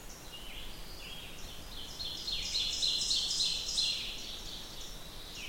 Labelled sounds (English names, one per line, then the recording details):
Ovenbird song
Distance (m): 40 m
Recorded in boreal forest in Alberta, Canada, on 27 June 2016 at 06:28
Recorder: SongMeter 3, array SBT-6-79
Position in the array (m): 134 m, 148 m
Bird 40